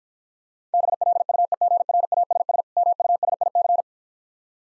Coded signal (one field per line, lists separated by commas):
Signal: Morse code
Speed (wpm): 50 wpm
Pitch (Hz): 700 Hz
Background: none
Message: BLUEGRASS MUSIC